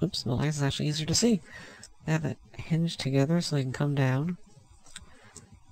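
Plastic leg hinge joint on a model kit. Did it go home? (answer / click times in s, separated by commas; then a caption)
yes / 5.0 s, 5.4 s. Someone talks as the hinged plastic legs of a 1/144 RG Force Impulse Gundam model kit are raised all the way up. Sharp clicks at 5.0 s and 5.4 s mark the leg hinge joints locking into place.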